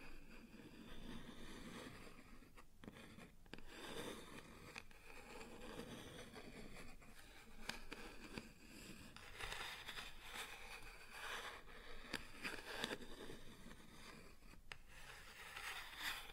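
Scratching and tapping on a wooden surface goes on without pause, a dense rasping texture that grows brighter and busier from around ten seconds. Sharp taps stand out near three, five, eight and fifteen seconds, over a low rumbling scrape underneath.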